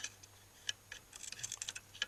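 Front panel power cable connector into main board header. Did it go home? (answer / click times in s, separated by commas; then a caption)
no / none. The front panel power cable connector of a Tektronix PWS4721 power supply is pushed toward its header on the power supply main board during reassembly. Light plastic ticks and taps are heard, with sharper hits at about 0.7, 1.6, 1.7 and 2.0 seconds. The connector has not seated or clicked home yet.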